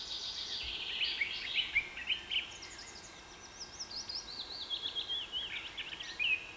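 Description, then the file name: Bird chorus of high chirps and wavering whistles, several callers overlapping, with a rippling trill of sharp repeated notes in the second half over steady background hiss. Rain forest. "KPR Sounds - Rain Forest Bird Sounds"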